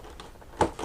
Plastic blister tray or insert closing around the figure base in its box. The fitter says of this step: But, uh, so you're going to hear another click